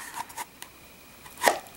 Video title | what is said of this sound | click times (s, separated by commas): Custom leather pistol holsters | it just snaps right in there really it fits like a glove doesn't move | 0.6 s